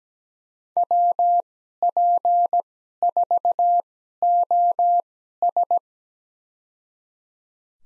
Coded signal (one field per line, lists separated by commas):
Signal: Morse code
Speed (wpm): 17 wpm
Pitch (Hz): 700 Hz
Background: none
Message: WP4OS